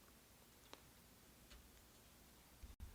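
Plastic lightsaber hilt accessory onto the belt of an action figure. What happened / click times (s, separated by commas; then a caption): A small plastic accessory clicked into place / 0.7 s. A small plastic lightsaber hilt accessory is clipped onto the belt of a Star Wars Black Series Anakin Skywalker Revenge of the Sith 20th Anniversary action figure, with a sharp, bright click at 0.7 s over quiet background hiss. A fainter tick follows around 1.5 s, and the hilt clicks into place and stays on the belt.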